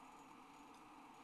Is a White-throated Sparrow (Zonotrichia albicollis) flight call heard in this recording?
no